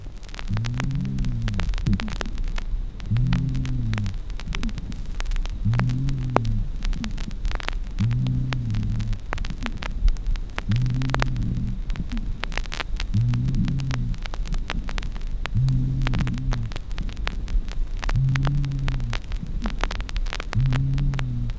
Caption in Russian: Сухие хрипы выслушиваются как при вдохе, так и при выдохе. Жужжащих, низких сухих хрипов.